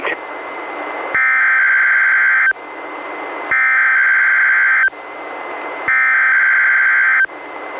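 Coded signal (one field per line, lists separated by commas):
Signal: Emergency Alert System (SAME) tones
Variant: header bursts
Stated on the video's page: NOAA Weather Radio Required Weekly Tests from NWS Portland relayed by the Astoria transmitter, recorded from a Reecom R-1630 weather radio via Zoom H1 recorder.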